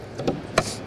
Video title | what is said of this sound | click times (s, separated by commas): 2012 Nautique Boats at the Toronto Boat Show | clicks back into place out of sight out of mind | 0.6 s